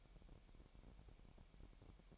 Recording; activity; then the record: daily activity, microphone in the room; take from stove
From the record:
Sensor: 1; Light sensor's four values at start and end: 65/153/66/69 and 65/153/65/69